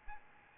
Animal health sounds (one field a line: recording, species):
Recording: mosquito wingbeat signal from an infrared sensor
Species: Aedes albopictus